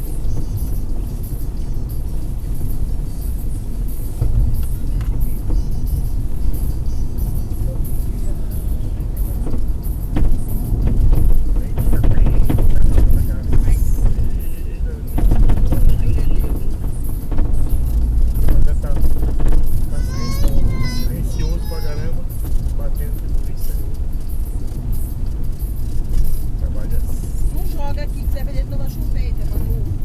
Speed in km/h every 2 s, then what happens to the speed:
64, 64, 64, 66, 68, 68, 63, 60, 64, 66, 69, 71, 70, 66, 64.
0-10 steady at about 64. 10-14 slows to 60. 14-24 speeds up to 70. 24-30 slows to 64.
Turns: none.